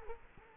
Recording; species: mosquito wingbeat signal from an infrared sensor; Culex quinquefasciatus